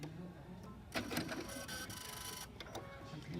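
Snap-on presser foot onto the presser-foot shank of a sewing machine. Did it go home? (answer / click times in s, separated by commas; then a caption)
yes / 2.6 s. A snap-on presser foot is lined up under the metal presser-foot shank of a cover stitch machine and pressed until it snaps on. A broad, steady noise runs from about 1.0 to 2.5 s, then a short, sharp click comes at 2.6 s. The foot is seated on the shank.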